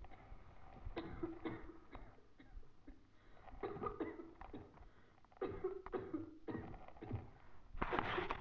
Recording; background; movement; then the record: deep breathing; a bystander coughing; sitting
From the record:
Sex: female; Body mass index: 21.8 kg/m2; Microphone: on the chest, facing the body